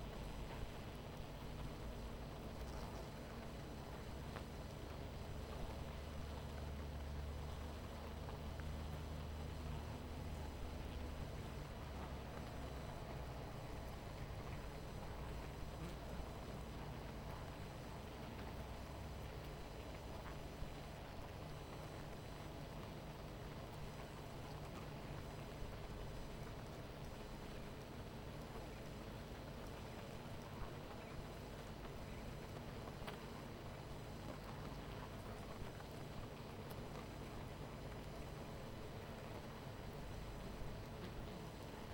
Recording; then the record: honeybee colony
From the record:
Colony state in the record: missing queen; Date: 14 July 2017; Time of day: 18:59